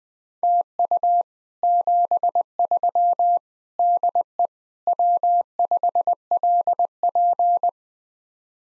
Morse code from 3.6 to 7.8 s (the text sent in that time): DE W5LP